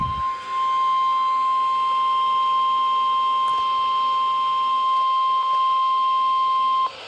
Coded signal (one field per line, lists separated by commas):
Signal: Emergency Alert System (SAME) tones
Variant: 1050 Hz attention tone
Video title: NOAA Weather Radio EAS #298: Severe Thunderstorm Warning